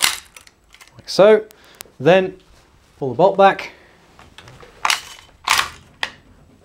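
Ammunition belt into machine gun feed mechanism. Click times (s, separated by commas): 0.0 s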